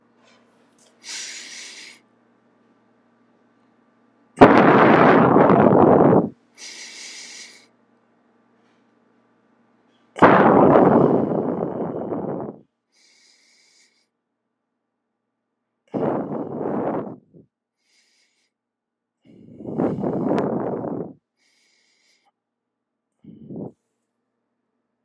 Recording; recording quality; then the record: deep breathing; excellent, no background noise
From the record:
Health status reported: healthy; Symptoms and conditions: diabetes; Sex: male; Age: 42 years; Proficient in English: yes